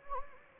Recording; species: mosquito wingbeat signal from an infrared sensor; Anopheles gambiae